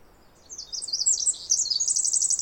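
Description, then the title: Pacific wren song fragment, loud high-pitched trills and rapid twittering notes pouring out continuously from about half a second in to the end of the short excerpt. Singing in trees above the microphone for about 20 minutes, then flying down closer; morning after a dawn chorus, May 11-13, 2018, while camping on the Snider Jackson/Rugged Ridge trail. "The very loud Pacific Wren"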